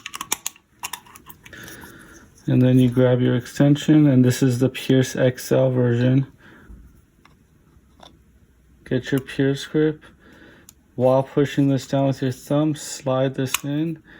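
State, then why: Not seated. Someone talks while picking up and showing a Pearce XL polymer grip extension for a Glock 26 pistol magazine, before it is slid onto the magazine floor. Only light handling ticks are heard, mostly in the first second. Nothing has seated or clicked yet.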